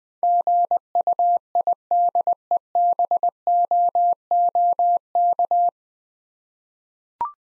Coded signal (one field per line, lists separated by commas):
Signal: Morse code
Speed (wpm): 20 wpm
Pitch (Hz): 700 Hz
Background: none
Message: GUIDEBOOK